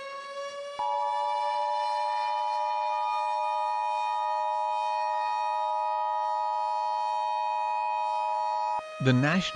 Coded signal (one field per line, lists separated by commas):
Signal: Emergency Alert System (SAME) tones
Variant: 853 and 960 Hz attention tone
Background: speech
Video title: Hot Spot Horror: An EAS Scenario